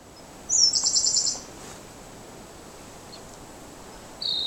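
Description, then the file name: Siberian blue robin song, a quick high trill of repeated notes, then quiet, ending with the start of another high phrase. "L cyana-song"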